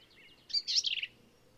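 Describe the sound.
Black-capped vireo song phrase: a single brief, scratchy, jumbled burst of high notes lasting about half a second.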